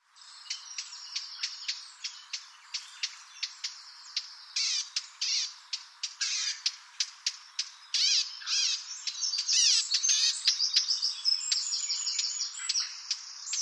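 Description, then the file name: Eurasian blackcap giving a rapid series of sharp, high clicking notes that run into a fast, warbling, twittering passage toward the end. "Sylvia atricapilla"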